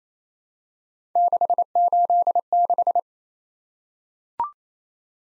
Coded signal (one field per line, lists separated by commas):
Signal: Morse code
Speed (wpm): 27 wpm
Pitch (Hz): 700 Hz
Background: none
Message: 686